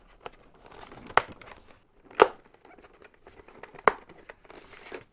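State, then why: Seated. The removable fabric skull-cap lining of an AGV K7 motorcycle helmet is lined up and its four press studs are pressed into the helmet shell. Sharp snap clicks sound at 0.3, 1.2, 2.2 and 3.9 seconds amid soft fabric crinkling and rustling. The lining is seated in place.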